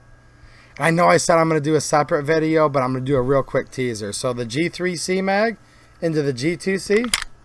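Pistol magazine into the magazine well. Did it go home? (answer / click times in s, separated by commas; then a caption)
no / none. Someone talks while holding a polymer Taurus G3C 9mm pistol magazine up to the magazine well in the grip of a Taurus G2C pistol. Nothing has seated or clicked yet; the magazine is not yet home when the clip ends.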